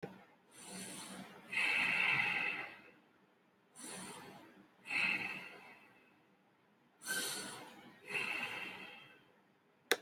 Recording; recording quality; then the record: deep breathing; excellent, no background noise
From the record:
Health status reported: exposed to COVID-19, no respiratory illness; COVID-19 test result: negative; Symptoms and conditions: diabetes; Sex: male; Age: 50 years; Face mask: worn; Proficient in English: yes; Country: India